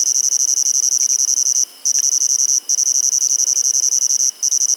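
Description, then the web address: Insect calling with a steady, high, rapidly pulsed trill that runs almost without a break, cut by three brief pauses. "Insect Set 459"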